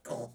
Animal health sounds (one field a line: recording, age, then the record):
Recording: pig call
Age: piglet (1 to 25 days)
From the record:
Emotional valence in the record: negative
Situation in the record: restrain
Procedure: back test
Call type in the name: low-frequency call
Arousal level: medium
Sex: female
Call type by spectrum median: low-frequency call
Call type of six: low-frequency stable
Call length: 0.35 s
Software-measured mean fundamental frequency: 71 Hz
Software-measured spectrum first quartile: 471 Hz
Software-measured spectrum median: 666 Hz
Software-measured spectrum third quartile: 2203 Hz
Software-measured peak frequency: 584 Hz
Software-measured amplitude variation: 212 dB a second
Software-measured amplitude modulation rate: 11.5 a second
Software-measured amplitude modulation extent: 18.5 dB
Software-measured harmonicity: 1.3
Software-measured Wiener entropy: -2.50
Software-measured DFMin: 1017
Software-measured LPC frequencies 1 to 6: 580, 3148, 4084, 5469, 6240, 7099 Hz